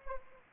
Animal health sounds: mosquito wingbeat signal from an infrared sensor; Anopheles arabiensis

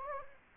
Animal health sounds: mosquito wingbeat signal from an infrared sensor; Anopheles gambiae

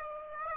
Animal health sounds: mosquito wingbeat signal from an infrared sensor; Aedes aegypti

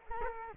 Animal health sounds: mosquito wingbeat signal from an infrared sensor; Culex quinquefasciatus

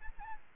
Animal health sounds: mosquito wingbeat signal from an infrared sensor; Aedes albopictus

